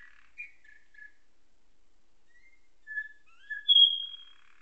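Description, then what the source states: Atlantic canary giving scattered short whistled notes, a pause, then a few higher rising and sliding whistles. Canary singing nightingale-style song (isian nightingale), learned through tutoring with nightingale song.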